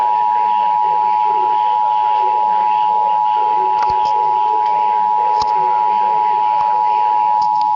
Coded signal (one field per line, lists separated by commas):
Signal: Emergency Alert System (SAME) tones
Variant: 853 and 960 Hz attention tone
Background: speech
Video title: EAS Alert #51 - Severe Thunderstorm Warning #19 5/30/13